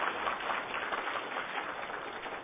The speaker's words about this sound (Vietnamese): Xin quý vị một tràng pháo tay cho giảng sư.